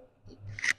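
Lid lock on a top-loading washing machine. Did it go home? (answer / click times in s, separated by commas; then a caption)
yes / 0.6 s, 0.7 s. The lid lock on a Haier HWM 95-1678 top-loading automatic washing machine engages after the machine starts, with a low hum underneath. Sharp clicks are heard at 0.6 s and 0.7 s, leaving the lid locked so it cannot be opened.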